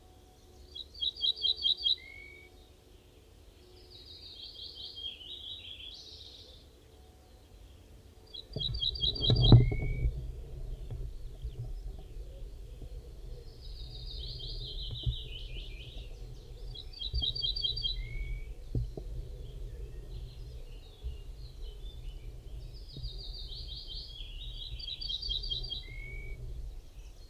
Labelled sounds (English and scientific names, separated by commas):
Ortolan Bunting (Emberiza hortulana) song